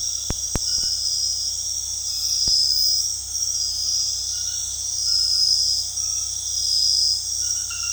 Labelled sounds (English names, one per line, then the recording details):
none
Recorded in dense forest near Puerto Asís, Putumayo, Colombia, on 20 February 2024 at 23:00
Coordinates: 0.485, -76.322
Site G6406